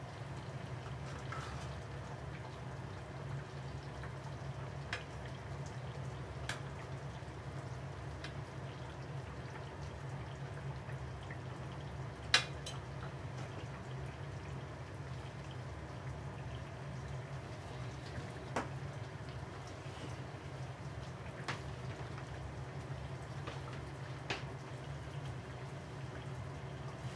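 Something simmering as it cooks: a steady low bubbling rumble that holds evenly throughout. Sharp clicks and ticks break in now and then, around every few seconds, with a louder snap near the middle and another toward the end.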